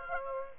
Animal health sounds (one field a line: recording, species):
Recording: mosquito wingbeat signal from an infrared sensor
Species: Aedes aegypti